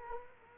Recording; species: mosquito wingbeat signal from an infrared sensor; Culex quinquefasciatus